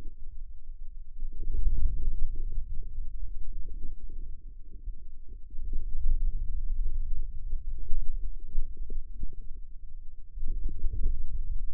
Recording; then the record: forearm muscle sounds (acoustic myography)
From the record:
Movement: wrist flexion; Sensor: system 2, bracelet of six BSWA MPA416 microphones around the upper forearm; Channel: 5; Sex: male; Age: 22 years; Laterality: right